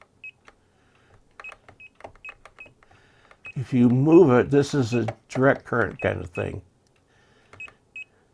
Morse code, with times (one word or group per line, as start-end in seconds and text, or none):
none